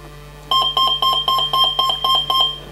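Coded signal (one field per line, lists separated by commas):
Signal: beep code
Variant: brushless ESC programming beeps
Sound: about nine quick, evenly spaced electronic beeps, still going when the clip ends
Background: low hum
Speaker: Et 8 pour la sortie. Donc là il va recommencer la boucle.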